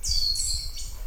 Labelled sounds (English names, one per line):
Stitchbird song